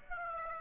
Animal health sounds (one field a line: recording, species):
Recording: mosquito wingbeat signal from an infrared sensor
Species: Aedes aegypti